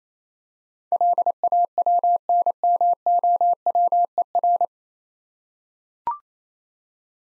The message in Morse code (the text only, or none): LAWNMOWER